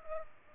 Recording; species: mosquito wingbeat signal from an infrared sensor; Culex pipiens